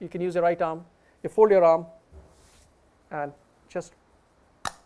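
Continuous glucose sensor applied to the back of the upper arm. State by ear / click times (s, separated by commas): seated / 4.7 s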